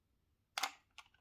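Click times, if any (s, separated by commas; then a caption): none. The plastic air-tube connector of the cuff is being handled and pushed toward the side port of an OMRON M7 Intelli IT AFIB blood pressure monitor. A sharp burst of handling noise comes at about 0.6 s and a softer one at about 1.0 s. Nothing has seated or clicked into the port yet.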